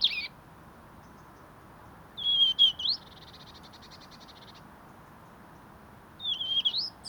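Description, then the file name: European robin with high whistled phrases, one followed by a fast, soft buzzy rattle, then a pause and another thin sliding phrase at the end. "Erithacus rubecula"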